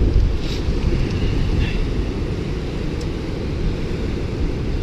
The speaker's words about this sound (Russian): нас накрыло там волной. Слышишь?